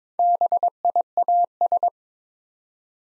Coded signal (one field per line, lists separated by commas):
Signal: Morse code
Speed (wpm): 23 wpm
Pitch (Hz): 700 Hz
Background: none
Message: BIAS